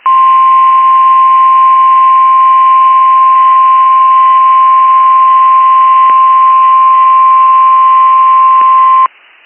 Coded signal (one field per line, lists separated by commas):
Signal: Emergency Alert System (SAME) tones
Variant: 1050 Hz attention tone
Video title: BACK TO BACK VIRGNIA EAS ALERTS FROM HAGERSTOWN MARYLAND NOAA WEATHER RADIO TRANSMITTER EAS #13 14